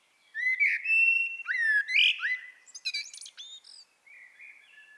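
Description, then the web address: Common blackbird song with rich, sliding whistled notes followed by quick squeaky twitters and a soft closing warble. "SETE data Turdus merula"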